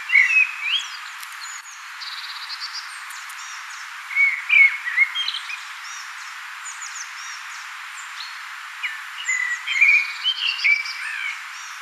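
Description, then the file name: Common blackbird delivering three separate warbling phrases, each a low fluty opening followed by thin, squeaky high notes, spaced several seconds apart. "Turdus merula"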